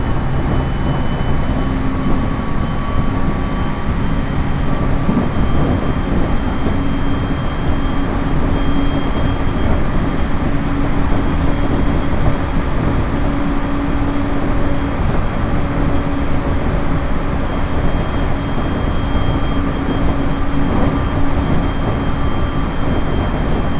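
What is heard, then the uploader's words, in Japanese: Inside a carriage on the Uetsu Main Line train, a dense, steady rumble of running noise holds at an even loudness for the whole stretch. Faint humming tones drift in and out above the roar, with no distinct separate events standing out. 耳で楽しむ鉄道旅 羽越本線 羽後本荘→秋田。今度は桂根駅を通過する列車なので１つ停車駅が少なくなります。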